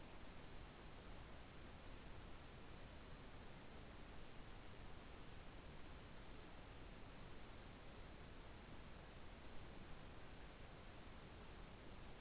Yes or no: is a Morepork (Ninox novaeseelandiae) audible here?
no